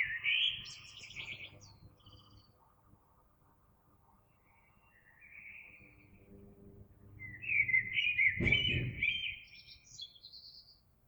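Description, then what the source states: Eurasian blackbird song phrases, fluty warbles with high twittering ends, over a low rumbling background and a brief loud thump near the end. Recorded 26 April 2022.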